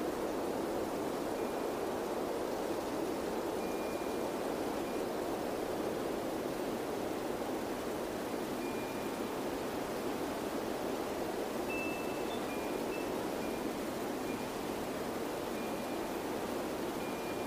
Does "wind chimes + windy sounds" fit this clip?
yes